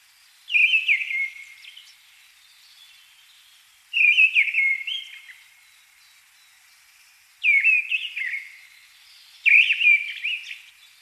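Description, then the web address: Mistle thrush song of four short, loud, fluted phrases with some harsh notes, given every two to four seconds against faint background hiss. "Deryaba Turdus viscivorus - Penie. song Deryaba Turdus viscivorus - drozd deryaba"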